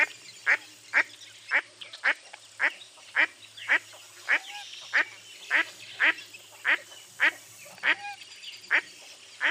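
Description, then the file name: Duck quacking steadily, with harsh quacks about every half second over a quiet background hiss. "zvuki glazchatoi kriakvy"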